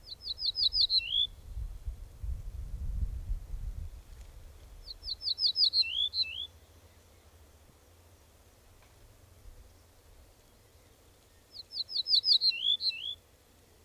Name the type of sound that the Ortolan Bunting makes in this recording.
song